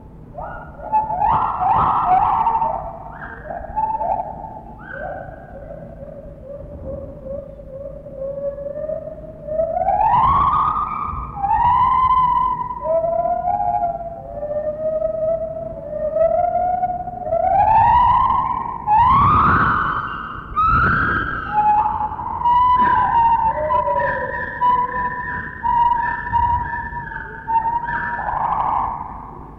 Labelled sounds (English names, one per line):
Lar Gibbon